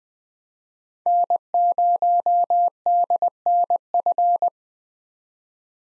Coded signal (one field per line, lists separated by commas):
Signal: Morse code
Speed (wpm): 20 wpm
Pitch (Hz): 700 Hz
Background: none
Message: N0DNF